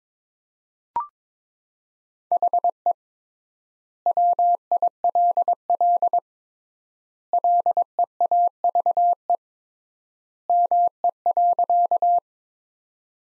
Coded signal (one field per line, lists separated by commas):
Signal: Morse code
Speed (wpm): 21 wpm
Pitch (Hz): 700 Hz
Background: none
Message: HE WILL LEAVE ME.